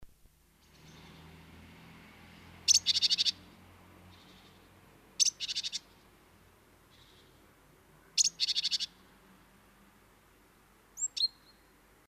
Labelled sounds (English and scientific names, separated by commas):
Great Tit (Parus major) song